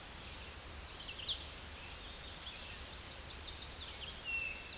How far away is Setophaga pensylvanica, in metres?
about 15 m